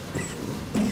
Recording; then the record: coughing mixed with background sound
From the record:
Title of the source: Mid-morning Winter Coughing Fit